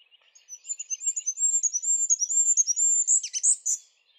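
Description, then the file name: Short-toed treecreeper song: a high-pitched thin trill of rapid repeated notes, gradually rising and ending in a short twittering flourish, after faint soft chips. "Boomkruiper"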